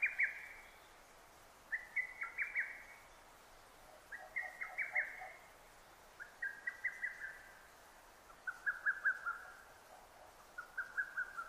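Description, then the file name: Lesser cuckoo: repeated staccato whistled phrases, each a quick tumble of notes, coming about every two seconds against light background hiss. Recorded 6 June 2009; Japanese name hototogisu. "hototogisu 20090606"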